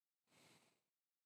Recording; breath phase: one breath near a microphone; exhalation